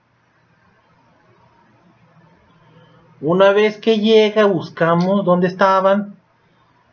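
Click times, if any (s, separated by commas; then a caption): none. A plastic part on a transforming toy robot figure is pushed up from below to its top position and lined up with the small peg holes it should fit into. Someone talks over faint background noise, and no click is heard; the part has not clicked into place yet.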